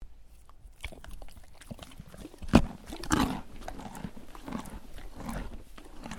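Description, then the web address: Horse chewing: crisp, irregular crunching bursts, with a louder crunch near the middle and soft rustling between bites. Horse eating a carrot, munching. "Lynne Music Horse-Eating-Munching-Carrot"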